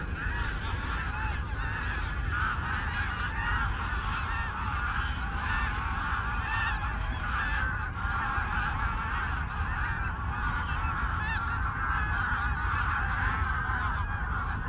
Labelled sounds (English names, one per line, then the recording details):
Common Ringed Plover call
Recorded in the wild
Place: Zicker, Insel Rügen, Mecklenburg-Vorpommern, DE
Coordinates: 54.25, 13.41
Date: 1970-08-30
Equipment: Nagra III BH, Sennheiser MD 21, parabola
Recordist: Schubert, Michael